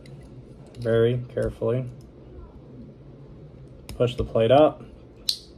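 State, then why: Seated. Someone talks while a spring-loaded part is pressed in and the metal back plate (slide cover plate) is pushed up into a pistol slide. A sharp click at 5.3 s marks the plate snapping into place, seated.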